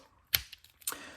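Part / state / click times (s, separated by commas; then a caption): flip socket bit shaft into screwdriver handle collet / not seated / none. A Malco flip socket's 1/4 inch shaft is pressed into a Milwaukee screwdriver handle's collet, a metal part held by a ball bearing. A sharp metallic tap is heard around 0.3 s, then a few faint ticks and a second metallic clack near 0.9 s. The collet never comes back, so the shaft has not locked in and can simply be pulled out.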